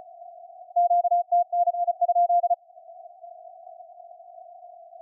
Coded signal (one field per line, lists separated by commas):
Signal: Morse code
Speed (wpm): 34 wpm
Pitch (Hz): 700 Hz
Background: none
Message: QTN I?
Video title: SunSDR2DX using SDC (Software Defined Connectors) app and 5M Contest Log + plus a little CW WAE